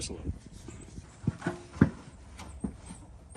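Someone talks while handling the end socket of a new gas hood strut at the greased ball stud on the hood bracket, making a few soft knocks and short taps, the sharpest brief one at about 1.8 seconds. Nothing has seated or clicked yet; the socket has not snapped onto the ball stud.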